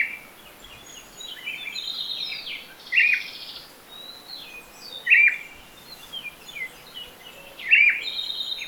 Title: Myiothlypis Nigrocristata